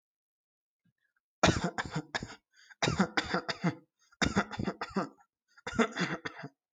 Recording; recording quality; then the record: shallow voluntary cough; excellent, no background noise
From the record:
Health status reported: healthy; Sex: male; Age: 33 years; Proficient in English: yes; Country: India